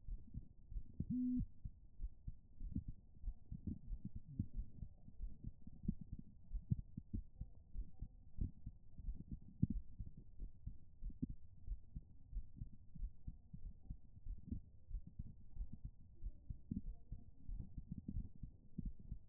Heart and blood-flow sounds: heart sounds by stethoscope; pulmonary valve (PV); 96 bpm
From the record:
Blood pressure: 119/86 mmHg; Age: 35 years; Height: 177 cm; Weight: 79 kg

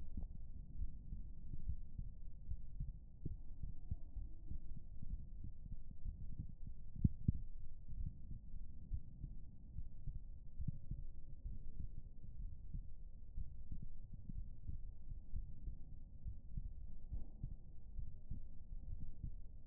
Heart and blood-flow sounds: heart sounds by stethoscope; pulmonary valve (PV); 64 bpm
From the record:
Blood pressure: 113/62 mmHg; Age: 38 years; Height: 160 cm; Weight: 56 kg

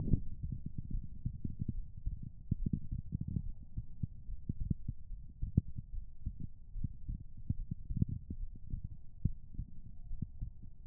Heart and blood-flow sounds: heart sounds by stethoscope; pulmonary valve (PV); 72 bpm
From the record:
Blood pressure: 103/61 mmHg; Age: 21 years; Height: 166 cm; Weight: 57 kg

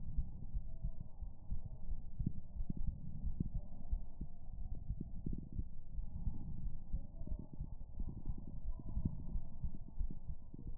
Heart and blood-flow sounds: heart sounds by stethoscope; pulmonary valve (PV); 89 bpm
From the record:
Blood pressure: 112/71 mmHg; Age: 66 years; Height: 160 cm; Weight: 53 kg

